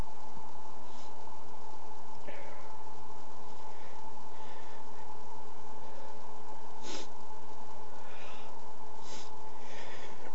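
After about ten seconds of near silence over a steady low background hum, a single sharp, loud two-part burst is heard: a brief intake followed by an explosive release. This is one sneeze from an adult male with a cold.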